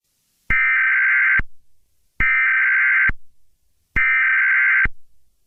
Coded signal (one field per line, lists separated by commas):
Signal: Emergency Alert System (SAME) tones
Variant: header bursts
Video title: EAS Mock scenario: The Hunted